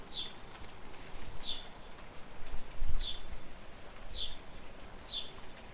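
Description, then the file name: House sparrow calls: five loud, clipped chirps at uneven intervals, with a faint low rumble beneath. "Passer domesticus"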